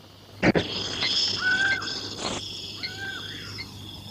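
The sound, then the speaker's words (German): A laughing falcon calls twice with short arched, slightly hoarse notes over a steady high buzz of insects, with a couple of sharp clicks near the start. “Einen Lachfalken kann man hören, der nur in der Regenzeit ruft und in Banguana nur mehr sehr selten vorkommt.”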